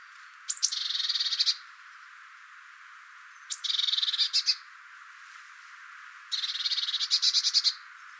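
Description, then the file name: Eurasian blue tit calls three times, each a high thin note leading into a rapid, rasping churr lasting about a second, separated by pauses of about two seconds. "Cyanistes caeruleus"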